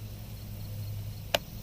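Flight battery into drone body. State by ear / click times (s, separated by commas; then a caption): seated / 1.3 s. A smart flight battery is slid into the back of an Autel X-Star Premium drone body until it latches. A single sharp click is heard at 1.4 s over a steady low hum, and the battery is seated.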